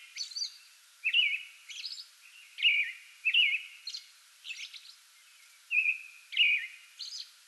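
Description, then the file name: American robin song of warbled whistled phrases with interspersed high squeaky notes, delivered in an uneven but steady series. Singing before dawn from a small tree in a front yard, recorded 8 May 2022. "2022-05-08 American Robin pre-dawn singing from small tree in front yard"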